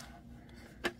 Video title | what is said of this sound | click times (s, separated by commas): Temu Craft Haul Unboxing - With Product Links - Great Prices & Quality | This side right here doesn't snap in well. | 0.9 s